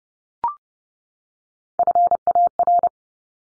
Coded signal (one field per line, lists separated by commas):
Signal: Morse code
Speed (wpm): 30 wpm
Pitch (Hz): 700 Hz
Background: none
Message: FAR